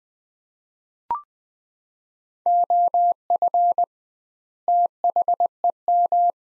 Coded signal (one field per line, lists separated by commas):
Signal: Morse code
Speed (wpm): 21 wpm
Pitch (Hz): 700 Hz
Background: none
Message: OF THEM